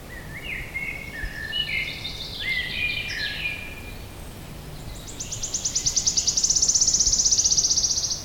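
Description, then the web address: Wood warbler song: an accelerating run of high notes swelling into a loud, shivering, dry trill lasting about three seconds, after another bird's varied warbling phrases. "linnut sirittaja"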